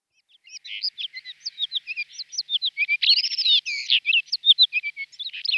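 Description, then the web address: Blue rock thrush giving a fairly quiet, continuous stream of quick chattering and whistled notes. "Schulze Peter Blue Rock-Thrush song"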